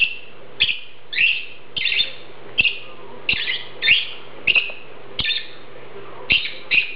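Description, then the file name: Lovebird calls: a series of shrill, harsh chirps repeated at uneven intervals, each short. "Prostaya fauna Golosa ptic - Nerazluchniki lat Agapornis"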